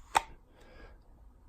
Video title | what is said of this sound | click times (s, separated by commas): G-code holster review with S&W M&P 2.0 9mm | So they also have that nice audible click when you insert, | 0.2 s